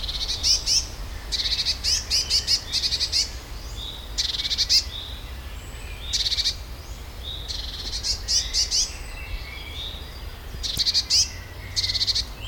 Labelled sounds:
Eurasian Blue Tit (Cyanistes caeruleus)

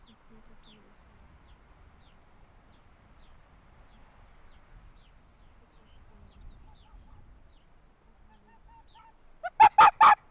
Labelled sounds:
Arctic Fox (Vulpes lagopus)

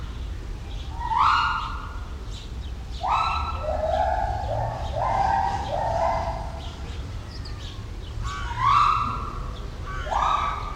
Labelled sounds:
Pileated Gibbon (Hylobates pileatus)

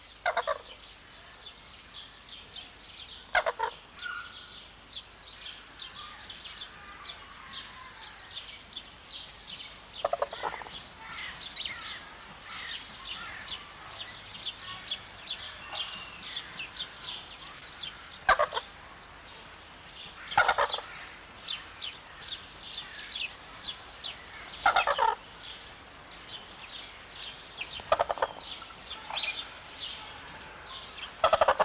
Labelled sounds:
Red-crowned Crane (Grus japonensis) call

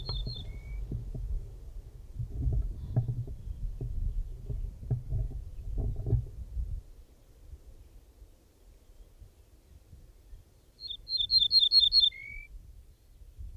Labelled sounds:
Ortolan Bunting (Emberiza hortulana) song

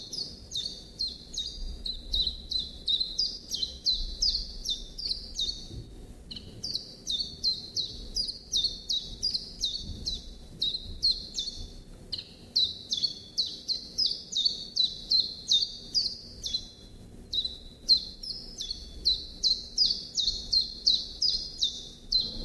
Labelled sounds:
Common Chiffchaff (Phylloscopus collybita) song

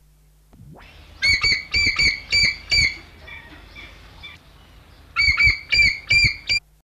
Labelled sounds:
Bald Eagle (Haliaeetus leucocephalus) call

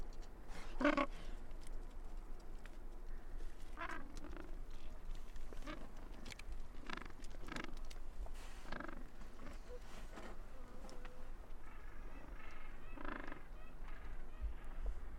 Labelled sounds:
Gentoo Penguin (Pygoscelis papua) call

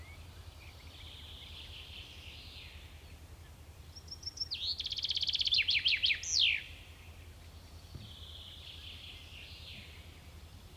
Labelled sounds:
Common Chaffinch (Fringilla coelebs) song

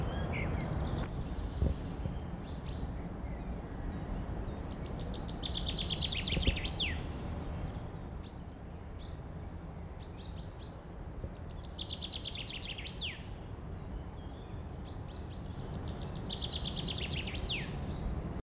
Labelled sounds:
Common Chaffinch (Fringilla coelebs) song

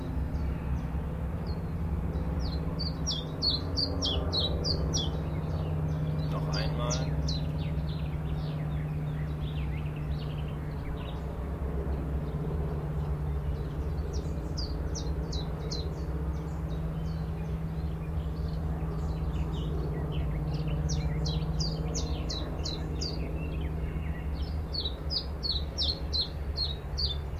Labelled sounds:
Willow Warbler (Phylloscopus trochilus)

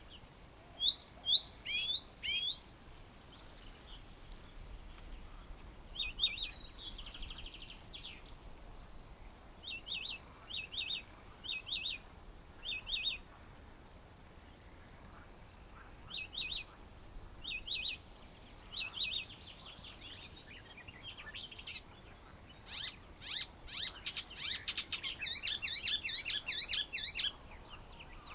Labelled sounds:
Icterine Warbler (Hippolais icterina) song

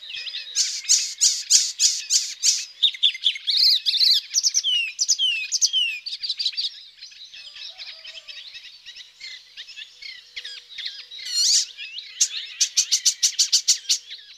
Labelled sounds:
Icterine Warbler (Hippolais icterina) song

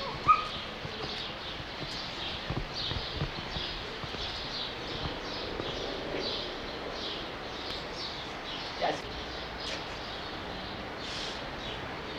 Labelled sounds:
Pileated Gibbon (Hylobates pileatus)

